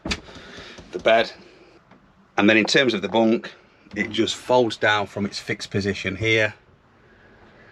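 Someone talks while the drop-down bunk of an Elddis Xplore Activ 304 caravan is handled, folding down from its stowed position toward its bed support frame, where it is secured by locking bolts underneath. A brief knock is heard near the start, and a faint one around 1.9 s. The clip ends before the bunk goes home, so nothing has seated or clicked yet.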